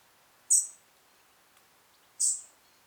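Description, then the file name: European robin calling with two sharp, high, thin notes in otherwise quiet surroundings. "Erithacus rubecula"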